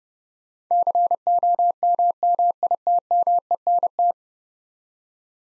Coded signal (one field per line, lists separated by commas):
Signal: Morse code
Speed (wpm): 32 wpm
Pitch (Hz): 700 Hz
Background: none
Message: COMMITMENT